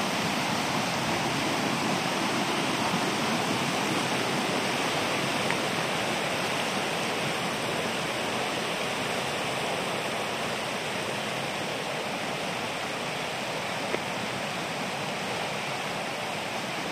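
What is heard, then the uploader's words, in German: A small brook runs steadily, its rushing water forming a dense, even wash of sound that hardly changes over the whole stretch. The low end is thin and the brighter splashing dominates. Two faint clicks stand out briefly, near six and fourteen seconds. Ambisonics Binauraler Spaziergang entlang eines kleinen Baches. Entspannende Naturklänge.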